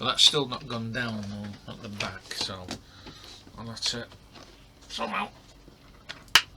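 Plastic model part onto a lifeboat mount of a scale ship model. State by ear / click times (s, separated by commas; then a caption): seated / 6.4 s. Someone talks about a plastic model part on a lifeboat mount of a scale ship model that has not gone down at the back. After the part is reworked and pressed again, it snaps home with a loud, sharp click at 6.4 seconds and is seated.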